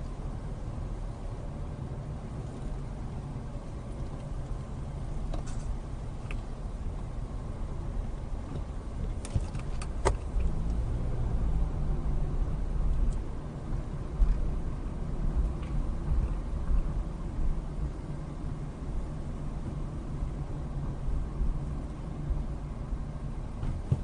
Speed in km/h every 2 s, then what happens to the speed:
11, 11, 13, 11, 8, 15, 19, 19, 18, 16, 15, 8.
0-9 steady at about 11. 9-12 speeds up to 19. 15-24 slows to 8.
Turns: none.